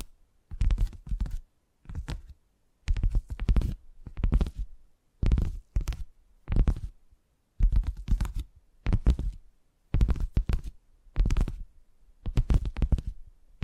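Tapping comes in short clustered bursts, roughly one or two each second, with brief silences between them. Each burst has a soft, deep thump under crisp clicky edges, and the pattern stays steady and even throughout.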